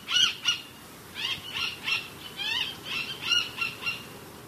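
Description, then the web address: Roadside hawk giving a series of short, harsh, nasal notes in uneven bursts over about four seconds. Recorded in Ecuador. "Natures Songs S America Birds of Ecuador. Roadside Hawk"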